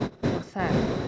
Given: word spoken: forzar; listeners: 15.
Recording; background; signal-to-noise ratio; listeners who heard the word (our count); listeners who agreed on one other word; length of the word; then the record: one Spanish word in noise, from a listening test; noise modulated by one talker; -7.4 dB; 1 of 15; 7 of 15; 0.68 s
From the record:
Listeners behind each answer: 7, 2, 1, 1, 1, 1, 1, 1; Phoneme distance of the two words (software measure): 17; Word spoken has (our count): 2 syllables, 6 phonemes, stress on syllable 2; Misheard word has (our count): 2 syllables, 5 phonemes, stress on syllable 2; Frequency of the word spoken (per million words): 8.06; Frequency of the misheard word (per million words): 10.02